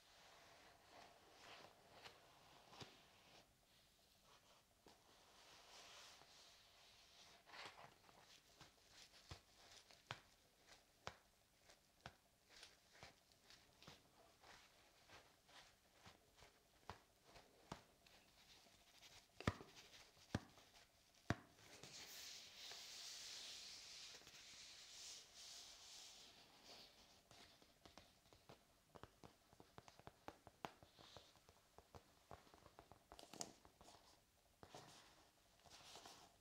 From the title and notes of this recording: ASMR Tapping and Scratching for Tingles.